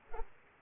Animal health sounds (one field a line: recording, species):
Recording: mosquito wingbeat signal from an infrared sensor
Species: Aedes aegypti